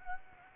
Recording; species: mosquito wingbeat signal from an infrared sensor; Aedes aegypti